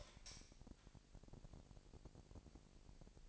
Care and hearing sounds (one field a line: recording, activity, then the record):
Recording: daily activity, microphone in the room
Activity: light on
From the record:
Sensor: 5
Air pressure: 1002.0 hPa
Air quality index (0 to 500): 248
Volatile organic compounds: 46 ppm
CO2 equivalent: 3238 ppm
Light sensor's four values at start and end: 17/39/16/17 and 17/40/16/18